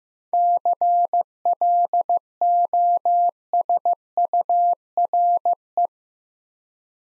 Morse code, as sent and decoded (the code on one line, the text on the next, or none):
-.-. .-.. --- ... ..- .-. .
CLOSURE